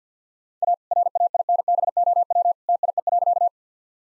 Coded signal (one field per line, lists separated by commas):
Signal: Morse code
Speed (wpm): 47 wpm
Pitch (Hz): 700 Hz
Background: none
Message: A RAINBOW TIE.